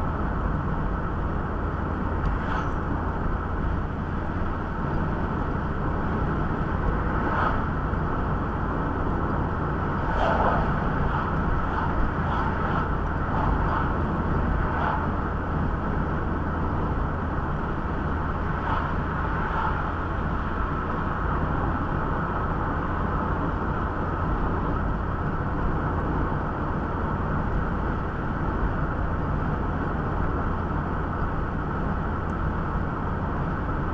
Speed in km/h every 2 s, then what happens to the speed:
77, 78, 80, 80, 80, 80, 77, 76, 76, 77, 78, 79, 80, 80, 79, 79, 80.
0-34 steady at about 79.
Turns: none.